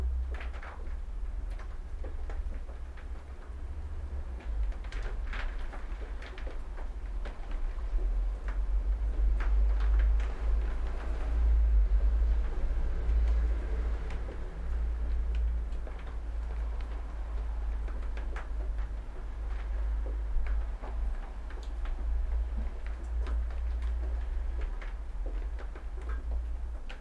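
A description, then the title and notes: A steady, heavy low hum fills the shed recording for the whole 27 seconds, swelling slightly around the middle. Over it, scattered sharp ticks and light knocks come irregularly, several every few seconds, with a faint muddled rustle in between. Recorded in my shed. Somercotes, Derbyshire.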